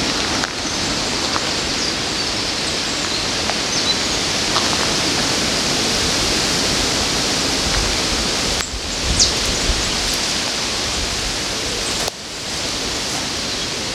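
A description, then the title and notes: Along the river in Odense, water rushes in a steady, dense hiss that barely changes from start to finish. Brief cuts near nine and twelve seconds interrupt it, followed by a few faint clicks and knocks over the constant flow. Sounds along the river in Odense, Denmark.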